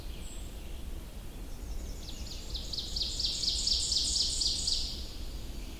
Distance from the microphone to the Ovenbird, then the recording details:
about 35 m. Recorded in boreal forest in Alberta, Canada, on 21 June 2016 at 06:53. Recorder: SongMeter 3, array SBT-6-81. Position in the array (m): 40 m, 88 m. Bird 24